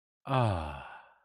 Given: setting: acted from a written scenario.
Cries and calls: vocal sound without words; contentment

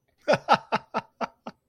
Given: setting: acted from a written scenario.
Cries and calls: vocal sound without words; amusement

